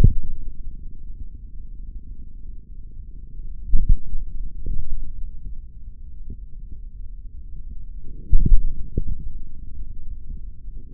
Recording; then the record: forearm muscle sounds (acoustic myography)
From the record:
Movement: finger pinch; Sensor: system 3, bracelet of six PUI Audio POM-2738L microphones around the upper forearm, with dedicated amplification and filtering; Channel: 6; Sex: male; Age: 26 years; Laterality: right